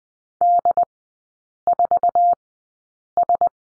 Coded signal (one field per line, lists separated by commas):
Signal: Morse code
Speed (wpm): 20 wpm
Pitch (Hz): 700 Hz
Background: none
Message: D4S